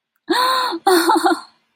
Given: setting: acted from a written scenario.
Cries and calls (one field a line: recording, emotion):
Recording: vocal sound without words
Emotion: positive surprise